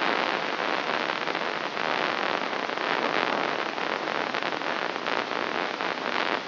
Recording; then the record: brain microelectrode recording played as sound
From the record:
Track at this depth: inside the subthalamic nucleus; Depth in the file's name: 4.717 mm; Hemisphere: left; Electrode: 3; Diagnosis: Parkinson's disease